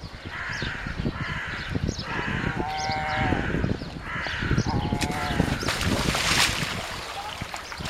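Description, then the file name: Pelican calls: hoarse, bleating harmonic notes in short bursts, ending in a broad rushing noise. Recorded on 14 April 2013. "pelikan 14 april 13"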